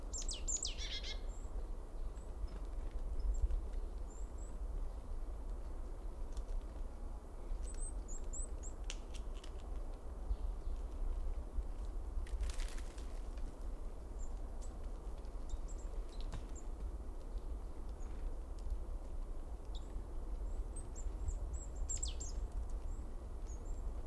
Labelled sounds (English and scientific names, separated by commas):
Great Tit (Parus major)